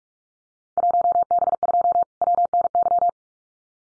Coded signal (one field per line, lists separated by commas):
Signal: Morse code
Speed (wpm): 46 wpm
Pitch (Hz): 700 Hz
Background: none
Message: 1B2 WNY